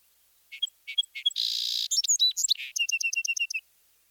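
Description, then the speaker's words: Song Sparrow song: three spaced introductory notes, a buzzy burst, a jumble of varied chips, then a rapid even series of high repeated notes. One of several individual birds played, each giving its own song variation; typical song rendered as 'Maids, maids, maids, put on your tea kettle, little, little, little'. "Individual song sparrows give their own variations. Let's listen to several different birds."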